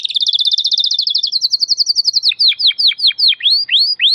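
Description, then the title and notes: Domestic canary singing a very fast high trill that slows into repeated swooping whistled notes, clear and loud. Belgian canary singing; labelled 'Campainha'. "Canário Belga Campainha Canary Singing. Canario Belga Cantando"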